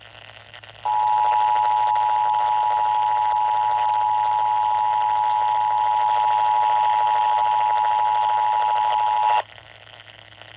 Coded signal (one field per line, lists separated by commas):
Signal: Emergency Alert System (SAME) tones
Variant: 853 and 960 Hz attention tone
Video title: A bunch of SVRs || EAS Alerts from 6/17 - 6/19, EAS #548 - #605